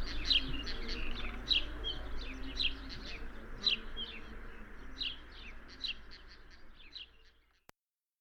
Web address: Oenanthe melanoleuca call. birds of the ussr